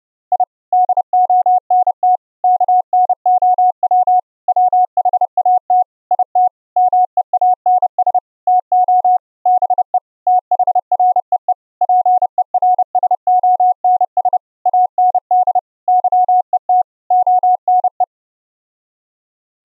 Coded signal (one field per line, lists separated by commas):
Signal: Morse code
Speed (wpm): 29 wpm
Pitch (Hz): 730 Hz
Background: none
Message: I DONT KNOW WHAT IT MEANS TO BE THREE PERSONS AND YET ONE